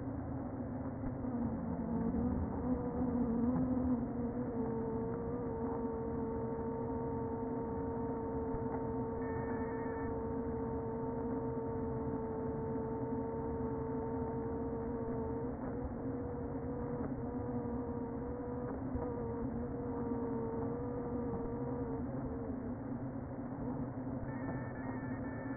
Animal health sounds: honeybee colony, microphone inside the hive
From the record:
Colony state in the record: queen present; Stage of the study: before two queens were removed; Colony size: about 60,000 bees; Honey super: yes

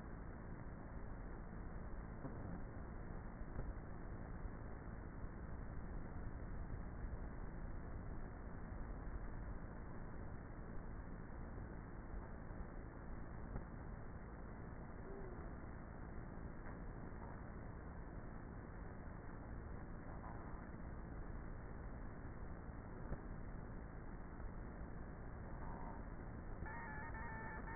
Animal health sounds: honeybee colony, microphone inside the hive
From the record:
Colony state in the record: queenless with a low population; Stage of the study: before two queens were removed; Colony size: about 30,000 bees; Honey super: no

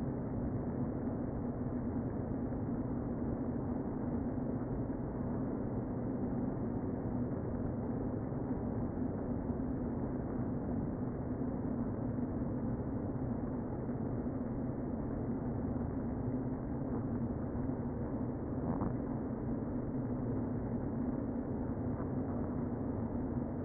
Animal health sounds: honeybee colony, microphone inside the hive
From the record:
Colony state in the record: queen present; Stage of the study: before two queens were removed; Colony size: about 60,000 bees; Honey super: yes

